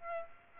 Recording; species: mosquito wingbeat signal from an infrared sensor; Aedes aegypti